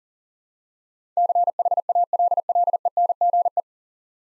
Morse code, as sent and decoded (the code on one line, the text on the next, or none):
-.-. .... .- .-.. .-.. . -. --. .
CHALLENGE